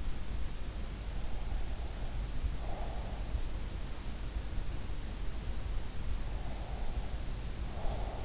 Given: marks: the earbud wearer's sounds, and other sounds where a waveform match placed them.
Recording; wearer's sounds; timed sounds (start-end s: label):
sounds in sleep by an in-ear microphone; breath
1.51-3.38 s: breath
6.27-8.25 s: breath